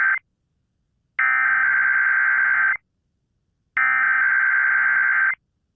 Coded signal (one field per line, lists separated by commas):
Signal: Emergency Alert System (SAME) tones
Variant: header bursts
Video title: EAS 3186-3188: KDKA(AM) RANDOM EAS Test + Relays